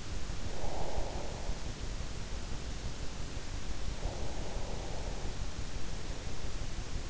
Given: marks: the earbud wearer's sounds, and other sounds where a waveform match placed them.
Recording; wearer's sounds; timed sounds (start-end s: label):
sounds in sleep by an in-ear microphone; breath
0.51-1.72 s: breath
4.00-6.52 s: breath